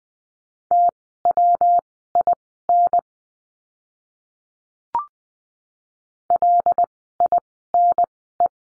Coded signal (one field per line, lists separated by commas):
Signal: Morse code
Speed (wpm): 20 wpm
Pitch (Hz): 700 Hz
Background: none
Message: TWIN LINE